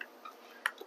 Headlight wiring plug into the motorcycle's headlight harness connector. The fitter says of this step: until you feel a little click